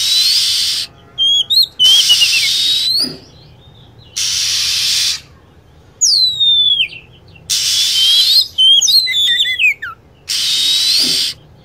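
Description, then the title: Lovebird calls: sharp whistled notes sweeping downward, in short clusters, alternating with bursts of loud steady hiss. Recording used as a bird lure (pikat) to attract birds. "PIKAT BURUNG LOVEBIRD"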